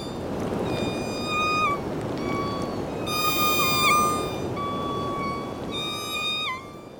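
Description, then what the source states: Killer whale calls: several high tonal calls with bending, dropping ends, over steady background noise. Two different call types from K-Pod, one of three pods (J, K, L) of endangered Southern Resident killer whales; calls distinct enough for researchers to identify Southern Residents.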